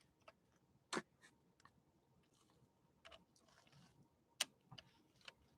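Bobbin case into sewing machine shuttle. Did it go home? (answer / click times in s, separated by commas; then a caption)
yes / 4.4 s. A full bobbin in its bobbin case is inserted into the shuttle area of a 1966 Husqvarna Viking 19E Special sewing machine. Light scraping and small ticks lead to a sharp, loud click at 4.4 seconds as the bobbin case seats in place, followed by a few softer ticks.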